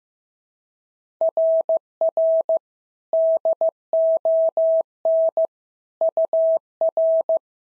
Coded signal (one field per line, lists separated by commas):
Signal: Morse code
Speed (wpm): 15 wpm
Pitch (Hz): 650 Hz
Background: none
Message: RR DON UR